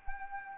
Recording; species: mosquito wingbeat signal from an infrared sensor; Anopheles gambiae